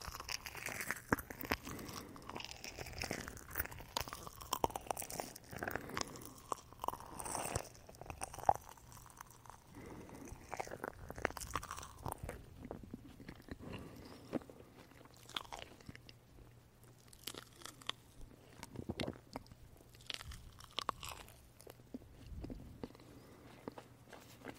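Marshmallows being eaten: soft, sticky chewing and squishing noises with wet clicks, busier in the first twelve seconds, then sparser.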